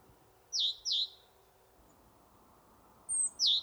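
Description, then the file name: Great tit calls: a pair of sharp high downslurred notes, then after a pause a thin high note and another downslurred note. "Parus major"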